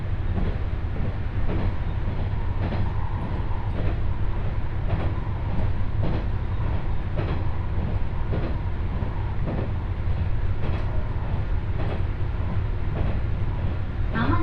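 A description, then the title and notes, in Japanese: A ride aboard an Ihara Railway train, with a heavy, steady low rumble throughout. Regular clicks from the wheels on rail joints repeat roughly every second, and a faint higher whine rises near the end. 耳で楽しむ鉄道旅 井原鉄道 早雲の里荏原→総社。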